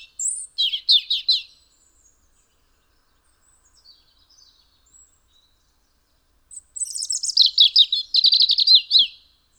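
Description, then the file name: European robin: a short high trilled phrase, a pause of several seconds with faint notes, then a longer rapid twittering run. "Erithacus rubecula"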